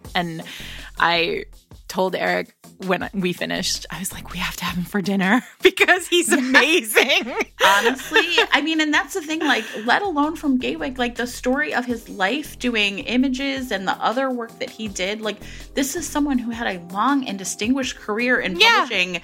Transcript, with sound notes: And I told Eric when we finished, I was like, "We have to have him for dinner because he's amazing!" (laughter) Honestly, I mean and that's the thing, let alone from Gaywyck, the story of his life doing images and the other work that he did, this is someone who had a long and distinguished career in publishing.